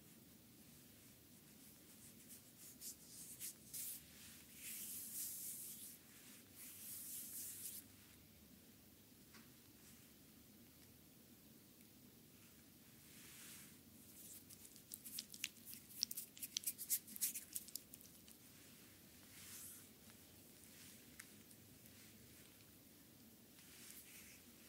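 Hands rub cream into feet in close, soft strokes that come and go irregularly. Bursts of bright, hissing friction stand out around five to eight seconds and again in a quick, crackly run near fifteen to eighteen seconds, over a low, steady murmur.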